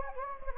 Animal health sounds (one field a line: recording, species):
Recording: mosquito wingbeat signal from an infrared sensor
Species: Anopheles gambiae